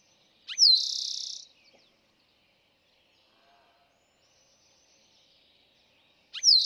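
Eastern towhee gives one full trilled song, a few faint chips follow, and the next song begins at the very end.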